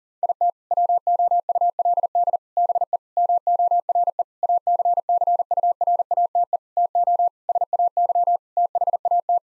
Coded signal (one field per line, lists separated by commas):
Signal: Morse code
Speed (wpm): 37 wpm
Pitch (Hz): 700 Hz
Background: none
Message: IT WOULD BE MORE ACCURATE TO SAY THAT